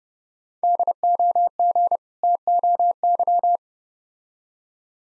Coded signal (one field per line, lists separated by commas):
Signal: Morse code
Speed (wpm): 30 wpm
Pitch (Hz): 700 Hz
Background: none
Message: DOG TOY